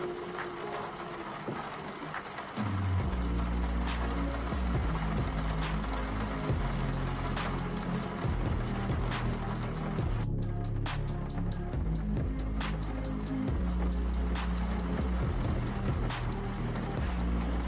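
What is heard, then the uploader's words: Inside a car in the rain, a low engine drone comes in after about three seconds and holds, stepping up and down in pitch as the car changes speed. Sharp ticks and taps of rain land on the car throughout, with a brief hush of the hiss near ten seconds. You are in a car, in the rain.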